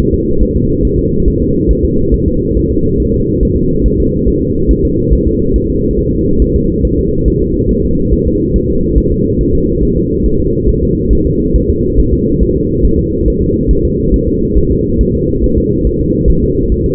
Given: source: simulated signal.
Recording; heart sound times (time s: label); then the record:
fetal heart sounds
0.14 s: S2
0.42 s: S1
0.56 s: S2
0.85 s: S1
0.99 s: S2
1.28 s: S1
1.42 s: S2
1.71 s: S1
1.85 s: S2
2.14 s: S1
2.28 s: S2
2.57 s: S1
2.71 s: S2
3.00 s: S1
3.14 s: S2
3.43 s: S1
3.57 s: S2
3.86 s: S1
4.00 s: S2
4.28 s: S1
4.42 s: S2
4.71 s: S1
4.85 s: S2
5.13 s: S1
5.27 s: S2
5.56 s: S1
5.70 s: S2
5.99 s: S1
6.13 s: S2
6.42 s: S1
6.56 s: S2
6.85 s: S1
6.99 s: S2
7.28 s: S1
7.42 s: S2
7.71 s: S1
7.85 s: S2
8.13 s: S1
8.27 s: S2
8.56 s: S1
8.70 s: S2
8.98 s: S1
9.12 s: S2
9.41 s: S1
9.55 s: S2
9.83 s: S1
9.97 s: S2
10.26 s: S1
10.40 s: S2
10.69 s: S1
10.83 s: S2
11.13 s: S1
11.27 s: S2
11.56 s: S1
11.70 s: S2
11.99 s: S1
12.13 s: S2
12.43 s: S1
12.57 s: S2
12.85 s: S1
12.99 s: S2
13.28 s: S1
13.42 s: S2
13.71 s: S1
13.85 s: S2
14.14 s: S1
14.28 s: S2
14.57 s: S1
14.71 s: S2
15.01 s: S1
15.15 s: S2
15.44 s: S1
15.58 s: S2
15.87 s: S1
16.01 s: S2
16.30 s: S1
16.44 s: S2
16.72 s: S1
16.86 s: S2
From the record:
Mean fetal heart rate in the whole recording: 140 bpm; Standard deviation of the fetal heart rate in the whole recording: 2 bpm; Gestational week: 34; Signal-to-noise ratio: -15.3 dB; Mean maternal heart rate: 72 bpm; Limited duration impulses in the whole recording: present